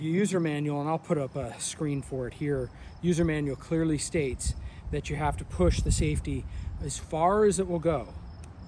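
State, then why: Not seated. Someone talks about the safety/decocker lever on the slide of a Beretta 80X pistol, which gets pushed as far as it will go so that it decocks. The clip ends before the lever reaches full travel, so nothing has clicked or dropped yet.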